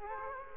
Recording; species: mosquito wingbeat signal from an infrared sensor; Culex quinquefasciatus